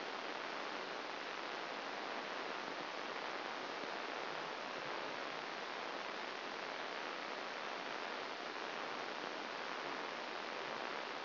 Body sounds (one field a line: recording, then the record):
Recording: brain microelectrode recording played as sound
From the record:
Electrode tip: outside the subthalamic nucleus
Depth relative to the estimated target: 4 mm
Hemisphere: left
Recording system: AlphaMap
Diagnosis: Parkinson's disease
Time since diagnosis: 9 years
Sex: male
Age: 68 years